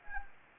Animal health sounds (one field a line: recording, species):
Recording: mosquito wingbeat signal from an infrared sensor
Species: Anopheles gambiae